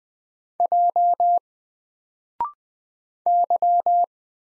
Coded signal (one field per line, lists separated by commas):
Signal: Morse code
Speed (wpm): 21 wpm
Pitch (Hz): 700 Hz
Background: none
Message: J Y